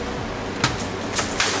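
The latch on the bottom of a cordless stick vacuum's plastic dust bin is released, and the lid pops open with a single sharp hit at 0.6 s so the bin can be emptied. Fainter broadband bursts follow around 1.2 s and 1.4 s over a steady low background.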